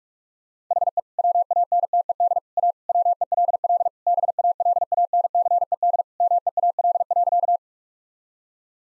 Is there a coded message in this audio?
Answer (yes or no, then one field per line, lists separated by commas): yes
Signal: Morse code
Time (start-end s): 0.7-7.6 s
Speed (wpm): 46 wpm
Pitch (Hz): 700 Hz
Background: none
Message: HE WANTED A WELL BALANCED MEAL.